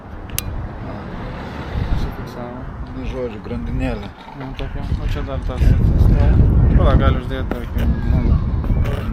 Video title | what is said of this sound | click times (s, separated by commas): DJI action cam priedų apžvalga #Vlogas | reikiastumt nespaus ai nedaspaus ane užsifiksavo | 0.3 s, 0.4 s